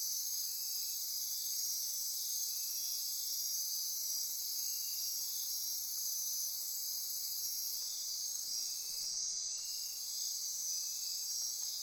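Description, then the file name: Insect chorus of steady shrill trilling, unbroken and even, with faint lower pulsing buzzes coming and going. Insect chorus at midnight near Corcovado. "Wind-is-the-Original-Radio-Fridays 20240628 Andy-Martin Midnight-Insect-Chorus-Near-Corcovado"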